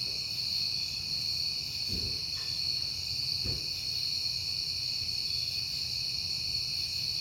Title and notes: Night Time: Crickets and Passing Cars. It is September and I have been hearing the crickets a lot